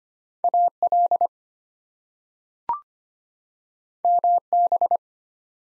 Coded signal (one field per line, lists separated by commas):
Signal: Morse code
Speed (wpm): 25 wpm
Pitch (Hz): 700 Hz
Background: none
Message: AL MB